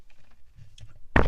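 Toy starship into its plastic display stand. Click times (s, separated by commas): 1.2 s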